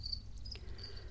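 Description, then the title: House cricket giving a short shrill chirp at the start, then fainter high chirping, with a low constant hum underneath. "Viikon luontoääni: Kotisirkka"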